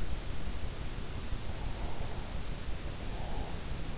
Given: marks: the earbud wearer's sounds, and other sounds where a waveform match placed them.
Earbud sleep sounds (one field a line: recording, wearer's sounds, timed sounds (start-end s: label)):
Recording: sounds in sleep by an in-ear microphone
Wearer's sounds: breath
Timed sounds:
1.83-3.63 s: breath